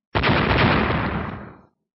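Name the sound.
deafening explosion sound effect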